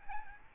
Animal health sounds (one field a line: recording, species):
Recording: mosquito wingbeat signal from an infrared sensor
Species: Aedes albopictus